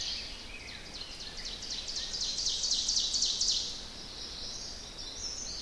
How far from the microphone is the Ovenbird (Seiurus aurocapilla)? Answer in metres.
about 40 m